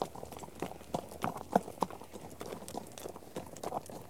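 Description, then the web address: Horse hooves clopping in a rapid, irregular patter. "The BBC Sound Effects Library. Horses # 1"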